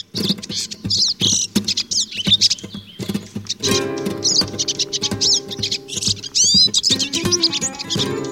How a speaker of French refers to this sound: Et c'est un oiseau qui est réputé pour son chant, particulièrement la sous-espèce qui s'appelle Cardulis parva, le chardonneret qui se trouve au Maghreb et en Espagne, Portugal, la zone géographique, voilà, plus contour méditerranéen.